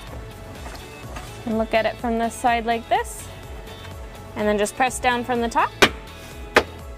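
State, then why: Seated. During a trailer wiring installation on a 2017 Hyundai Elantra, someone talks while lining up four blue plastic retaining clips with their holes in the body and pressing the plastic trim panel down from the top. A sharp click is heard at 6.6 s as the clips snap into place and the panel seats.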